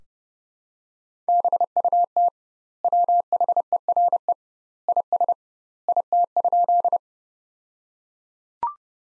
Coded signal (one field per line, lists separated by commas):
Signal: Morse code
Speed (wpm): 32 wpm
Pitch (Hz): 700 Hz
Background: none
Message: BUT WHERE IS IT?